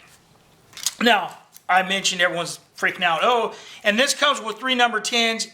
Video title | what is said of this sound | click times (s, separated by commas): My Medic Wound Closure Kit | this just snaps in place here for your scalpel | 0.9 s